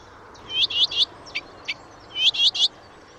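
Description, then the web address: Blyth's reed warbler song: a chirpy triple phrase, two sharp clicks, then the same triple phrase repeated. "chant didier collin rousserolle des buissons"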